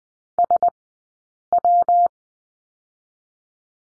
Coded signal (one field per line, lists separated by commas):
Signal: Morse code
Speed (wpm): 20 wpm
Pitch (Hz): 700 Hz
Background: none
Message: SW